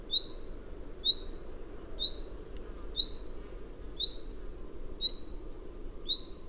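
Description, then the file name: Common chaffinch calling with clear, short upslurred notes repeated about once a second, seven in all, with soft low background noise. "Fringilla coelebs"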